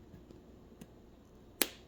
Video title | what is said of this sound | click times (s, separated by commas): Vlog 224: réceptions de produits de diamond paintings | C'est le clic parce que je remets les diamants en place en fait. | 1.6 s